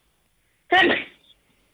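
Two abrupt, voiced cough bursts about a second apart in a 16-year-old girl, the first dying away over roughly half a second, the second cut off at the end. A frequent, repetitive, constant cough persisting six months since COVID-19 infection in October 2020, with no clear diagnosis of its origin.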